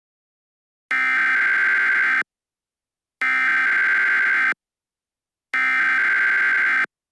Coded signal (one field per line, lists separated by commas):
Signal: Emergency Alert System (SAME) tones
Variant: header bursts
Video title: EAS Scenario: Homelander Attacks